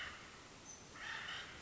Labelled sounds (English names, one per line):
Acorn Woodpecker